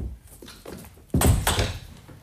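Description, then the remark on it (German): A door is handled: faint creaks and clicks lead into a sudden loud wooden thud, then a second bang as it shuts, with a short rattling tail and no voices. “Kann ich durch die Tür dort hinaus?”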